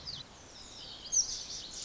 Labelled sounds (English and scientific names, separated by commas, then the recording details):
Lazuli Bunting (Passerina amoena)
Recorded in Sonoma County, California